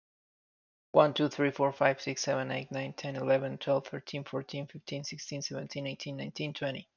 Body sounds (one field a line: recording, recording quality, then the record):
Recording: counting at a fast pace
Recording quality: excellent, no background noise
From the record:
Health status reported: healthy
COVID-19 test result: not tested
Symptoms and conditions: none ticked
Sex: male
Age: 42 years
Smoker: not ticked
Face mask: not worn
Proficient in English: yes